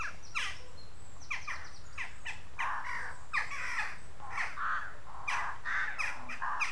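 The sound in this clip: Bird giving harsh, cawing calls in a series of short bursts over a constant low background rumble.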